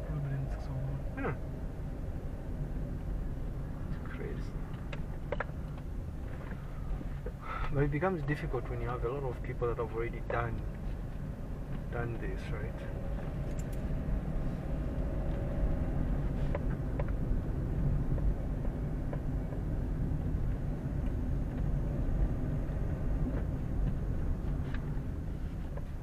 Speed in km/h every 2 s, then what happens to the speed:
14, 17, 15, 12, 13, 14, 18, 24, 26, 26, 25, 26, 17.
0-9 steady at about 14. 9-14 speeds up to 24. 14-23 steady at about 26. 23-26 brakes to 17.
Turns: 8-13, 17-22.